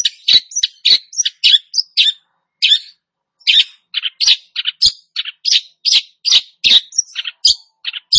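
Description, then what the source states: Long-tailed shrike song of lively, varied notes: squeaky chirps, short whistles and harsh scratchy bits in an irregular, fast stream with brief gaps. Singing vigorously, described as gacor.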